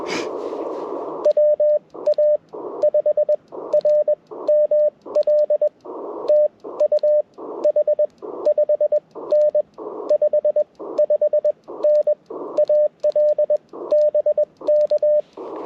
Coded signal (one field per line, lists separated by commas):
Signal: Morse code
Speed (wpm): 21 wpm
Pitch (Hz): 600 Hz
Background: radio noise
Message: WA5RML TU H 5N 55N AL BK